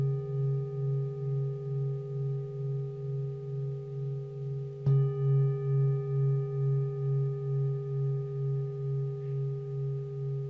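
A singing bowl rings with a low, steady hum and a few clear higher tones above it, the sound pulsing slowly in a gentle wobble. Near the five-second mark the bowl is struck again, a bright attack that swells the tone before it settles back to its even, sustained ring.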